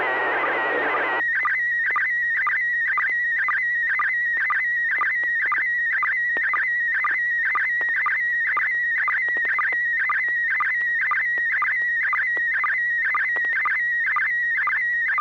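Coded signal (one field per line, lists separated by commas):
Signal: SSTV (slow-scan television)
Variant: PD120 mode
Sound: warbling, scratchy high tone with regular low chirps about twice a second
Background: brief radio hiss at start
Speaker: well this is going to be on uh pd120 and if i can get the thing to quit switching we'll give it a shot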